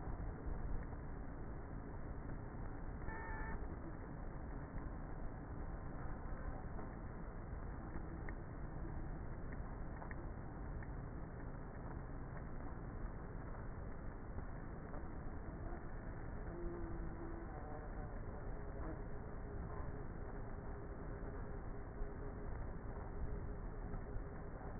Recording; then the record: honeybee colony, microphone inside the hive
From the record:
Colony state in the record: queenless with a low population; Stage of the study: before two queens were removed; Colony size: about 30,000 bees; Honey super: no